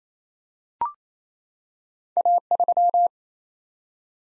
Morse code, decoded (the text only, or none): A3